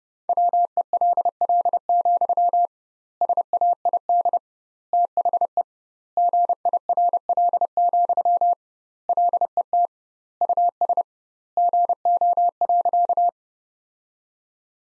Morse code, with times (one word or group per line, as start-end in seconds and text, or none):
0.3-2.7 WELL,
3.2-4.4 SAID
4.9-5.6 THE
6.2-8.5 GIRL,
9.1-9.9 LET
10.4-11.0 US
11.6-13.3 GO.